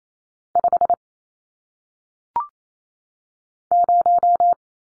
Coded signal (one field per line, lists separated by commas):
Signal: Morse code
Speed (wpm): 28 wpm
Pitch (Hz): 700 Hz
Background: none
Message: 5 0